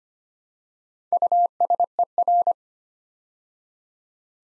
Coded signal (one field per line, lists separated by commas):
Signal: Morse code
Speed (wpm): 25 wpm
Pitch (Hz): 700 Hz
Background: none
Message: USER